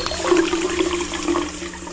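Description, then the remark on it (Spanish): Water runs in a steady, continuous rush for about two seconds, with a faint low hum beneath it and no voices. “No dejes que gota a gota el agua se agote.”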